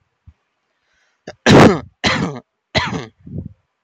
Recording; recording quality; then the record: heavy voluntary cough; excellent, no background noise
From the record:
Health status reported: healthy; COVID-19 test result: not tested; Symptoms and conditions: none ticked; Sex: male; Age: 26 years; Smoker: not ticked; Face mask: not worn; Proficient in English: yes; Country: India